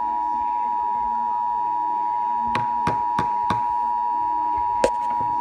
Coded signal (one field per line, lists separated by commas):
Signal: Emergency Alert System (SAME) tones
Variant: 853 and 960 Hz attention tone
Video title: EAS #209 Flash Flood Warning